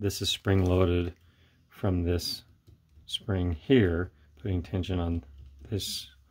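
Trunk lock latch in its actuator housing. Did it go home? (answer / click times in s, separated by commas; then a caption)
no / none. On a bench-mounted trunk lock actuator from a 2007 Jaguar XJ8, someone talks while handling the spring-loaded trunk lock latch in its actuator housing. The latch is held under tension from its spring, ready to snap closed as if hitting the body strike. The clip ends before anything seats, and no click has been heard yet.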